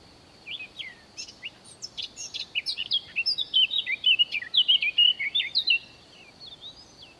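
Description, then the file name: Eurasian blackcap song: scattered short notes building into a loud, flowing warble of clear whistles, followed by a few faint notes. "Sylvia atricapilla"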